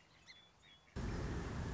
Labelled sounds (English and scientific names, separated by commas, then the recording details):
Song Sparrow (Melospiza melodia)
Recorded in Sonoma County, California